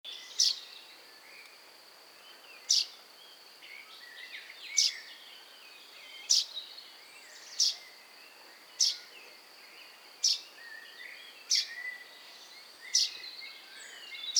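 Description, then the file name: Common chaffinch giving brief, sharp metallic call notes at slightly uneven intervals of one to two seconds, with faint twittering from other birds between them. "Fringilla coelebs"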